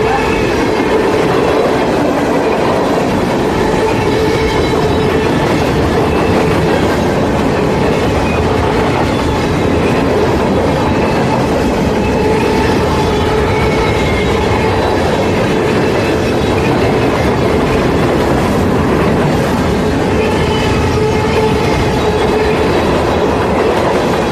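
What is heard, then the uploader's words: A train runs along the tracks in a steady, dense rumble that holds at an even level for the whole stretch. Faint tonal whines and a rattling clatter ride over the low roar, with no clear pauses or changes in pace. Train On Tracks.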